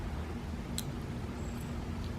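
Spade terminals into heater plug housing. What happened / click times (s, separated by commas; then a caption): The terminals clicked into the plug housing / 0.8 s. Two spade terminals are pushed together, in the same orientation, through holes into a Webasto heater plug housing during a van build. Against a steady low background noise, a single faint, sharp click at 0.8 s marks the terminals snapping into place, seated in the housing.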